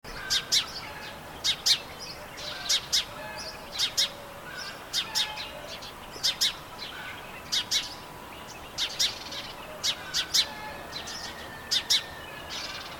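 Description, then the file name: House sparrow chirps: short, sharp notes, often in pairs or small bursts, repeated irregularly for the whole stretch, with soft lower whistles and a steady hiss behind. "Passer domesticus"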